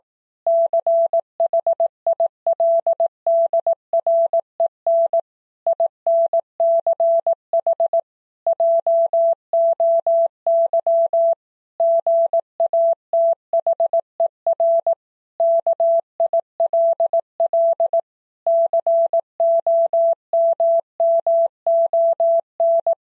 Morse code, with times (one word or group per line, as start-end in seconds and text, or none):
0.5-5.2 CHILDREN
5.7-8.0 INCH
8.5-11.3 JOY
11.8-14.9 GATHER
15.4-18.0 KILL
18.5-22.9 COMMON